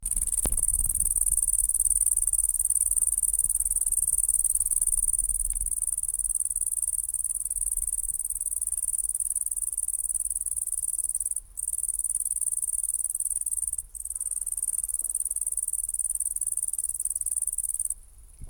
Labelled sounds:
Great Green Bush-cricket stridulation
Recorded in the wild
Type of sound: stridulation
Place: Groß Schönebeck, Schorfheide, Brandenburg, DE
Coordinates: 52.91, 13.53
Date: 1996-08-02 17:00
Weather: heiter, 23°C
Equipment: Sony MD-WM MZ-R3, Sennheiser ME 80, Kopie Uher 4000 Report Monitor
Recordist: Tembrock, Günter
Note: Stridulation (Feuchtwiese), nicht gesehen

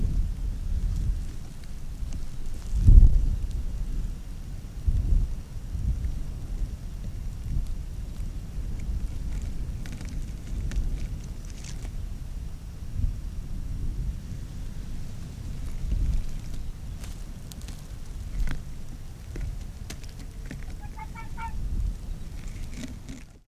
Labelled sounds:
Arctic Fox
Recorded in the wild
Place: Insel Mednyi, Kommandeur-Inseln, RU
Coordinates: 54.5167, 168.083
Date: 1999-07-11 17:38
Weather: 10°C, Westwind
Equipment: Sony WM-D6C, Sennheiser ME 80, K 30 AV, Windkorb, Kopie Sony TCD-D8
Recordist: Jakupi, Antje
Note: Südosten der Insel, Höhle am "Mt. Blanc": Drei Bellstrophen vom Robbenkamm

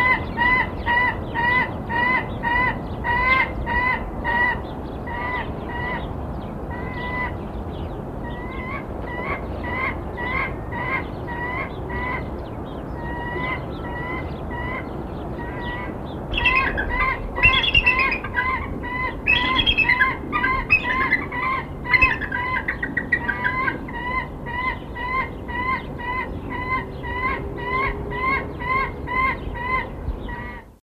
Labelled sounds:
White-tailed Eagle call
Bald Eagle
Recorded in captivity
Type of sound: call
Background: Haliaeetus leucocephalus
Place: Zoo Heidelberg, Baden-Württemberg, DE
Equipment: Halbspur, 9,5 cm/s
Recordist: Lütgens, Hans
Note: Mit Weißkopf-Seeadler

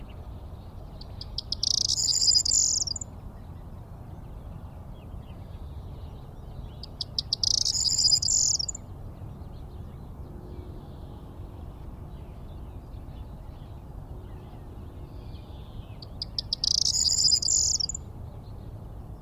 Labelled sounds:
Corn Bunting song
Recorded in the wild
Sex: male
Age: adult
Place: Charlottenhof, Mecklenburgische Seenplatte, Mecklenburg-Vorpommern, DE
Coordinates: 53.5158, 12.0858
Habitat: meadowland
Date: 2010-04-08 08:05
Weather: heiter, 10°C, windstill
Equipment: Sound Devices 702, Sennheiser MKH 70, Rycote Windschutz
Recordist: Frommolt, Karl-Heinz
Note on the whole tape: Gesang einer Grauammer. Tier gesehen, hatte während der Aufnahme die Singwarte gewechselt. Am Ende der Aufnahme wurde noch ein zweiter Vogel gesehen

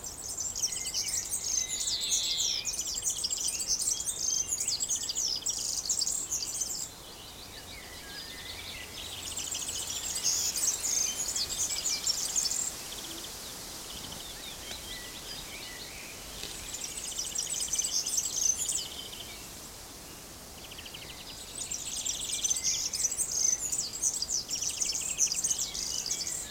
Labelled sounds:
European Serin
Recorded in the wild
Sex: male
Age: adult
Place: Summt, Brandenburg, DE
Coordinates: 52.69, 13.374
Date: 1992-06-14 14:22
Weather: sonnig (heiter), 19-22°C
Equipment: Nagra SN, Mikrofon AKG CK 8, Kopie Tesla B 116
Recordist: Tembrock, Günter

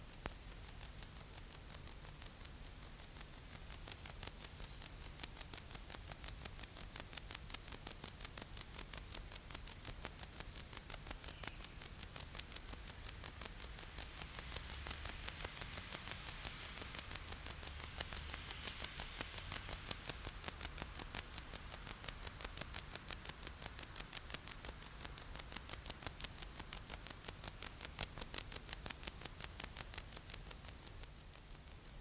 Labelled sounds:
Bog Bush-cricket stridulation
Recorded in the wild
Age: imago
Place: Treuchtlingen, Heumöderntal, Bayern, DE
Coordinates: 48.96, 10.91
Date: 1993-09-22
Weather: heiter, 23°C
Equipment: Marantz CP 430, Sennheiser MKH 416 T, Kopie Uher Variocord 263
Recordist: Tembrock, Günter
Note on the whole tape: Lautsequenzen

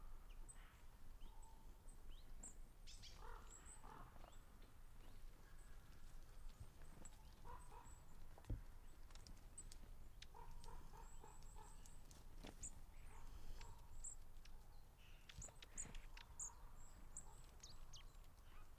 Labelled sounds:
Long-tailed Tit
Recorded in the wild
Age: adult
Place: Groß Schönebeck, Schorfheide, Brandenburg, DE
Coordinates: 52.9194, 13.5636
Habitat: coniferous forest
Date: 2007-10-02 15:02
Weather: overcast, ca 15°C, weak winds
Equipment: Sound Devices 702, Sennheiser MKH 70, Windkorb
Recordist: Frommolt, Karl-Heinz

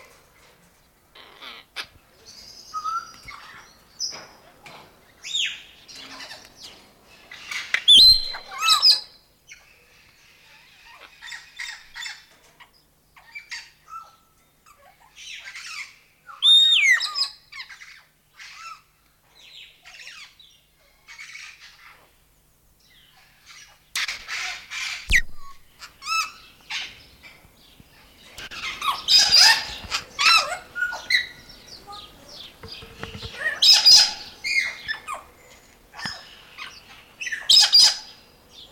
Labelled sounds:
Palm Cockatoo
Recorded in captivity
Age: adult
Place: Zoo Leipzig, Sachsen, DE
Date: 1992-01-11
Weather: bedeckt, 0°C
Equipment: Nagra SN, Kopie Tesla B 116
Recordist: Tembrock, Günter

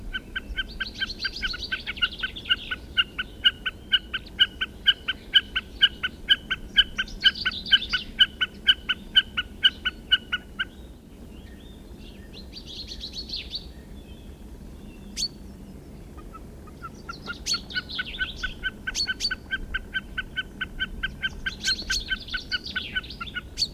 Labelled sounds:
Common Snipe song
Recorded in the wild
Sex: group
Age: adult
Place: Wullwinkel, Brandenburg, DE
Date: 1967-03-26
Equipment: Nagra III BH
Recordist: Schubert, Michael
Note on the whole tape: Balz auf einer Altkiefer

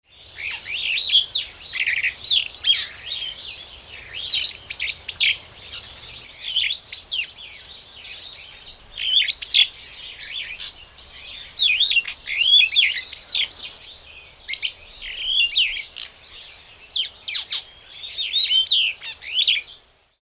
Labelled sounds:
Superb Starling
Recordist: Tembrock, Günter
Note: Gesang

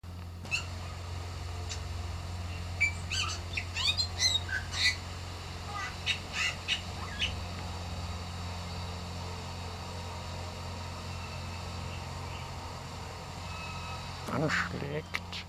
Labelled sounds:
Javan Whistling-Thrush call
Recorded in captivity
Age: adult
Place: Zoo Berlin, Berlin, DE
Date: 1997-08-19 13:19
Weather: fair, 26-28°C
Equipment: Marantz CP 130, Mikro CE, Kopie Uher 4000 Report Monitor
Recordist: Tembrock, Günter

